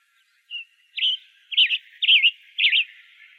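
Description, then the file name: Western tanager call series: a brief faint note followed by four quick rising-and-falling chirps, about two per second, over light background hiss. Arizona; recorded 23 May 2008. "WETA 5 deviche"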